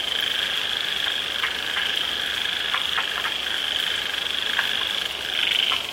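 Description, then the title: Frogs calling in a dense, continuous high chorus of trills, with scattered short clicks over a steady background hiss. Frogs calling in the rain; their calls gradually grow quieter when the rain becomes heavy. "The sound of frogs in the rain - the sound of frogs gradually becomes smaller when the rain is heavy"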